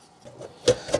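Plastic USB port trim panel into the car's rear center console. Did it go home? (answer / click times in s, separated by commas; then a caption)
yes / 0.7 s. A plastic USB-A trim insert, with its cable already routed, is pushed into its opening in the rear center console of a Tesla Model 3 or Y. After faint handling noise, a sharp plastic click at 0.7 s and a second, slightly softer click around 0.9 s come from its side clips. The trim panel is seated.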